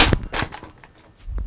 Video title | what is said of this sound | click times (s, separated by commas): KugooKirin M4 Pro 500W 28mph 37mi Electric Scooter - Unboxing, Assembly, Test Ride, and Review | eventually that just locks into place and then you can push this back in | 0.4 s